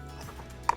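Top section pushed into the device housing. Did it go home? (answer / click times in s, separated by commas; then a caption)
yes / 0.7 s. The top section of a Cruizr CP01 rotating and sucking stroker is gently pushed into the device housing over a low, steady hum with faint soft handling sounds. A sharp, bright little click lands at 0.7 s, and the top part is seated solidly in place.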